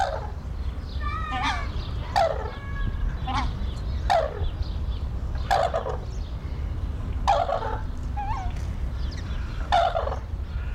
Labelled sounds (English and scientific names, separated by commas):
Red-crowned Crane (Grus japonensis) call